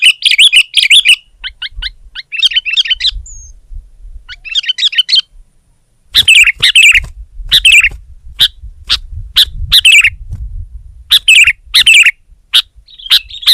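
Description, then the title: Sooty-headed bulbul chattering in fast runs of high, scratchy chirps, then a gap followed by sharp clicking notes at irregular intervals. "kutilang"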